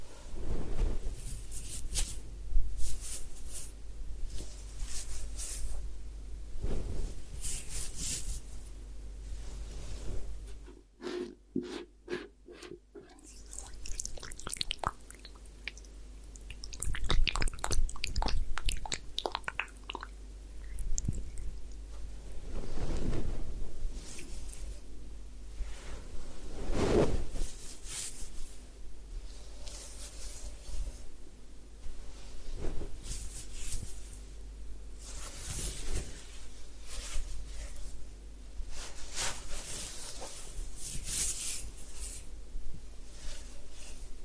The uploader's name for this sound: Head Spa Hair Wash, Massage, Ear Cleaning